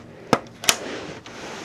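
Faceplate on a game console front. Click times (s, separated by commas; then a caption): 0.3 s, 0.7 s. The plastic faceplate on the front of an Xbox 360 console is pulled, and its plastic latches pop open a little. Two sharp clicks sound at 0.3 s and 0.7 s, and the faceplate is released partway.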